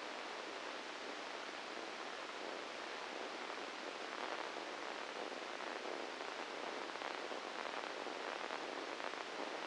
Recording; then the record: brain microelectrode recording played as sound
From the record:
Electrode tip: inside the subthalamic nucleus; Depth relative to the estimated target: -1 mm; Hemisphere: left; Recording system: NeuroSet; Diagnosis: Parkinson's disease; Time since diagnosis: 9 years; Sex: female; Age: 51 years